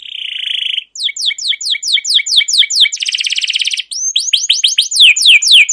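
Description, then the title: Canary song: a steady buzzy note, then rapid descending chirps repeated in rolls, a dense buzzing trill, and more swooping down-slurred notes. Canary song with long rolling trills, used as a lure (pancingan) and training master recording for other canaries. "CUIT CUIT NGEROL LANGSUNG GACOR PANJANG Kenari Ini AMPUH Utk Pancingan KENAR. Masteran Suara Burung Kenari Gacor Panjang cuit cuit Ngerol untuk Pancingan Kenari!"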